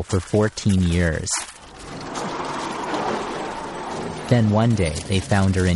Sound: sound of door moving

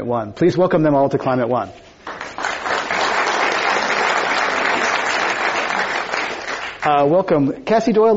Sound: applause

